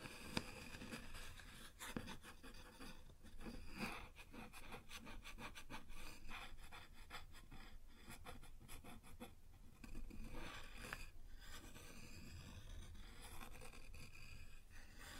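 Fingers or a tool scratch and rub across a wooden surface in a continuous, dense rasping, with quick bursts of rapid strokes around 2, 6–9 and 11 seconds. Occasional light taps stand out, including a sharp one near the start, over a low steady hum.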